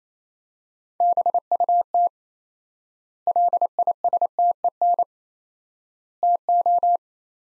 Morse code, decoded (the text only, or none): BUT LISTEN TO